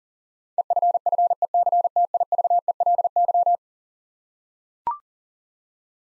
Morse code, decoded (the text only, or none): EFFECTIVELY